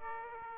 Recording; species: mosquito wingbeat signal from an infrared sensor; Aedes aegypti